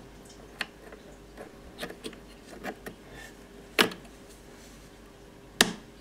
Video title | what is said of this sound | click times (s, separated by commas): Apple's 27" iMac Late 2012 model. How to upgrade the ram to 16GB | okay and again that's just clicked here | 5.6 s